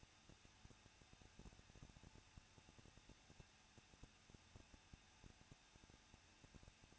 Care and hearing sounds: daily activity, microphone in the room; no activity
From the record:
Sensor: 2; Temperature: 21.0 degrees Celsius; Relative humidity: 37.4%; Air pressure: 1006.2 hPa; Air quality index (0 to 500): 222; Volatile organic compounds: 24 ppm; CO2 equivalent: 2820 ppm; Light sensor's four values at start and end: 2/3/2/2 and 2/3/2/2

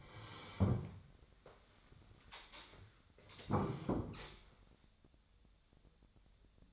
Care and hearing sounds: daily activity, microphone in the room; sit down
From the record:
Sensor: 3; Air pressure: 1015.2 hPa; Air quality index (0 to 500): 173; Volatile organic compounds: 15 ppm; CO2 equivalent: 2486 ppm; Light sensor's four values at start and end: 14/38/15/16 and 14/38/15/16

